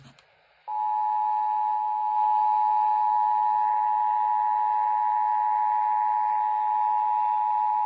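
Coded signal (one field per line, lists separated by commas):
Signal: Emergency Alert System (SAME) tones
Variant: 853 and 960 Hz attention tone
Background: speech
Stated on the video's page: Child abduction emergency alert captured off AM 640 broadcast radio.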